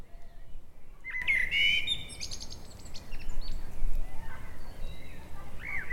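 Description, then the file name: Eurasian blackbird gives a short fluted phrase with a high scratchy tail, followed by fainter twitters and one more brief whistle, over low rumbling noise. "Turdus merula"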